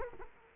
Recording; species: mosquito wingbeat signal from an infrared sensor; Culex quinquefasciatus